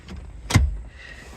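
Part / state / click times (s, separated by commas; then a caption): folding seat bottom into its floor latch / seated / 0.5 s. A rear seat bottom cushion is pushed all the way back into its floor latch, with a faint sound at 0.1 s before a sharp latch click at 0.6 s. The seat bottom is latched in place.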